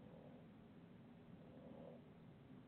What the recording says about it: We have this old dog. He's snoring. And he snores. He sounds like a little piglet. He's older than dirt.